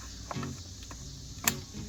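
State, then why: Seated. On a 2018 Mini F57 during a battery replacement, after the hose clamp on the intake has been tightened, a plastic electrical connector is pushed back onto the intake/airbox sensor of the engine. A few faint taps come at about 0.3 and 0.4 seconds, then a sharp, bright click at 1.5 seconds. The click confirms the sensor connector has seated.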